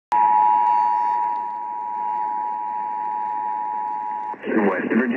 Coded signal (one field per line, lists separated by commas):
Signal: Emergency Alert System (SAME) tones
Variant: 853 and 960 Hz attention tone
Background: speech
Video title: West Virginia Amber Alert on WWVA-AM (5/25/21) (EAS 4791)